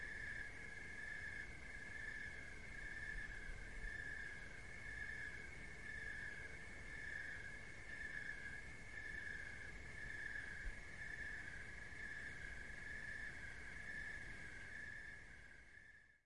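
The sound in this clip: Crickets give an unbroken ringing trill, pulsing slightly throughout, over a low background rumble, fading out at the end.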